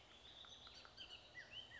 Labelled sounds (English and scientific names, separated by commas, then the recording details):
Bullock's Oriole (Icterus bullockii)
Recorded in Sonoma County, California